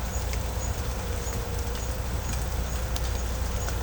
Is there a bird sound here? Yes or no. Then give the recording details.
no. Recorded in pastures near Puerto Asís, Putumayo, Colombia, on 16 December 2024 at 17:00. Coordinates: 0.502, -76.324. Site G077